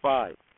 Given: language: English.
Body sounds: throat vibration sensor signal played as sound; speech

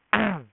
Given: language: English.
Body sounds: throat vibration sensor signal played as sound; throat clearing

